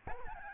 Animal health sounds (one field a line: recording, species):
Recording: mosquito wingbeat signal from an infrared sensor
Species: Aedes albopictus